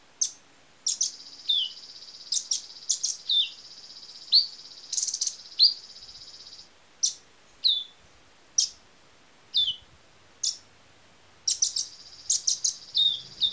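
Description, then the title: Small bird chirping with high, sharp, downward-slurred notes, some in rapid clusters, alternating with stretches of a steady high buzzing tone. "Burung Kecil"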